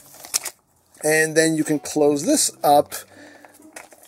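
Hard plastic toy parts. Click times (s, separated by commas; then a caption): 0.4 s. Plastic panels of a transforming robot figure are folded in, with the head, panels and landing gear closed up, and they pop into their seated position with a sharp plastic click at 0.4 s. Someone then talks while handling the figure, with a few faint taps near the end.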